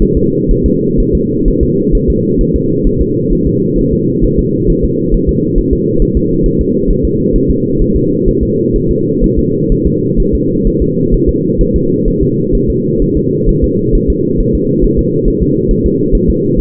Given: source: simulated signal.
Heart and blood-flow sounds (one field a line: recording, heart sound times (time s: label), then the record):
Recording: fetal heart sounds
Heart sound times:
0.02 s: S1
0.17 s: S2
0.51 s: S1
0.66 s: S2
1.00 s: S1
1.15 s: S2
1.48 s: S1
1.63 s: S2
1.95 s: S1
2.10 s: S2
2.41 s: S1
2.56 s: S2
2.87 s: S1
3.02 s: S2
3.33 s: S1
3.47 s: S2
3.79 s: S1
3.93 s: S2
4.25 s: S1
4.39 s: S2
4.70 s: S1
4.84 s: S2
5.14 s: S1
5.29 s: S2
5.58 s: S1
5.73 s: S2
6.02 s: S1
6.17 s: S2
6.46 s: S1
6.61 s: S2
6.91 s: S1
7.05 s: S2
7.36 s: S1
7.50 s: S2
7.82 s: S1
7.96 s: S2
8.28 s: S1
8.43 s: S2
8.76 s: S1
8.91 s: S2
9.24 s: S1
9.39 s: S2
9.72 s: S1
9.87 s: S2
10.20 s: S1
10.35 s: S2
10.67 s: S1
10.82 s: S2
11.14 s: S1
11.29 s: S2
11.61 s: S1
11.76 s: S2
12.08 s: S1
12.23 s: S2
12.55 s: S1
12.70 s: S2
13.02 s: S1
13.17 s: S2
13.49 s: S1
13.64 s: S2
13.95 s: S1
14.10 s: S2
14.40 s: S1
14.55 s: S2
14.84 s: S1
14.99 s: S2
15.28 s: S1
15.43 s: S2
15.71 s: S1
15.86 s: S2
16.15 s: S1
16.30 s: S2
16.60 s: S1
From the record:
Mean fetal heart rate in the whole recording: 130 bpm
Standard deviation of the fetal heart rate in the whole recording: 4 bpm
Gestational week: 38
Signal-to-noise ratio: -11.2 dB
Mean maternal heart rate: 72 bpm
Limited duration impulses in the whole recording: present